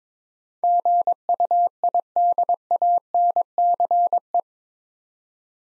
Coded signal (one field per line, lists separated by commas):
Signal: Morse code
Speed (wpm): 22 wpm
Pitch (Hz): 700 Hz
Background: none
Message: GUIDANCE